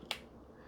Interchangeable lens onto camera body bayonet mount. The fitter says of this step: and then that's locked on